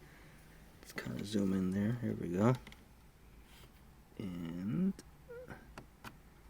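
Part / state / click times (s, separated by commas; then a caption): plastic tabs of a shifter assembly trim piece into the shifter housing / seated / 5.8 s, 6.1 s. While reassembling the shifter console of a Mazda CX-5 or Mazda 6 after replacing the switch to fix the car not turning off completely, two small plastic tabs on the shifter assembly trim piece are pressed into their slots in the shifter housing as someone talks. Two sharp plastic clicks at 5.8 s and 6.1 s mark the tabs snapping into place, and the trim is seated.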